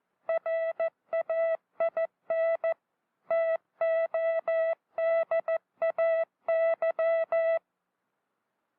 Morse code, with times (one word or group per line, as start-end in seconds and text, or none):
0.3-2.7 RAIN
3.3-7.6 TODAY